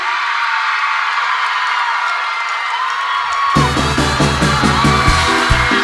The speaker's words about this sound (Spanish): Le vamos a dar el aplauso bien fuerte para el señor ….